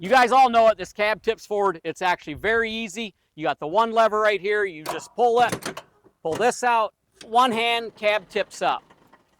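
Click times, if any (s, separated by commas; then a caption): none. Someone talks while pulling the single release lever and tipping the steel cab of a cab-over truck forward by hand, one-handed. The clip ends just before the tilt cab support latch on the truck frame locks the raised cab in place, so nothing has seated or clicked yet.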